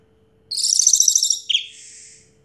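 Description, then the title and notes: Orange-headed thrush song: a single rich, high, rapid warbled phrase that ends in a thinner fading note. Anis merah song in the 'teler' style, with a clear voice. "Anis Merah Teler Suara Jernih. suara anis merah"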